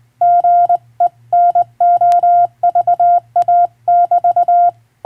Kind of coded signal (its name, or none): Morse code